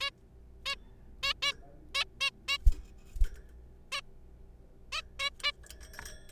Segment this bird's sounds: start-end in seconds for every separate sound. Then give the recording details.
0.01-0.10, 0.66-0.76, 1.23-1.33, 1.43-1.52, 1.95-2.04, 2.21-2.30, 2.48-2.58, 3.92-4.01, 4.92-5.01, 5.20-5.30, 5.43-5.51. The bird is a juvenile. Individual R3428